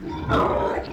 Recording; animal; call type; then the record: contact call of a hoofed animal; wild boar; grunt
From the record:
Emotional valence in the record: negative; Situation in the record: naturally occurring agonistic interactions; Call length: 0.93 s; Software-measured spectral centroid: 1340 Hz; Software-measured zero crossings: 1380 a second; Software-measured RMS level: -23 dBFS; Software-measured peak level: -13 dBFS